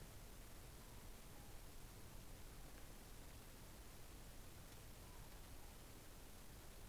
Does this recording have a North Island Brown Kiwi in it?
no